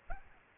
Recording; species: mosquito wingbeat signal from an infrared sensor; Aedes albopictus